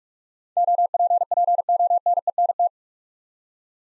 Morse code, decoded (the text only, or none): OPPONENT